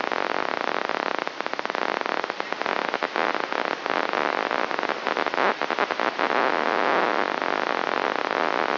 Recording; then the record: brain microelectrode recording played as sound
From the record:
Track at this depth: outside the subthalamic nucleus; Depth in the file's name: 0.714 mm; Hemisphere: left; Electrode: 3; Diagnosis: Parkinson's disease